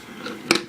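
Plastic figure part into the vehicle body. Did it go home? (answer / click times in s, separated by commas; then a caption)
yes / 0.5 s. A plastic part of a transforming toy figure is clipped onto the top of its vehicle body. After a soft scrape, a sharp click at 0.5 s is followed by a lighter tick, and the part seats in place.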